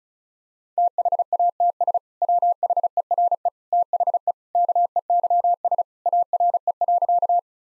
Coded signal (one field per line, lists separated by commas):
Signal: Morse code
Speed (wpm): 36 wpm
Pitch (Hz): 700 Hz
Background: none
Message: THATS WHERE THE KEYS ARE.